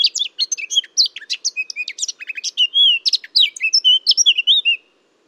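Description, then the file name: Eurasian blackcap singing a fast, chattering warble that turns into clearer, fluty whistled notes toward the end before falling silent; nothing else heard. "Sylvia atricapilla"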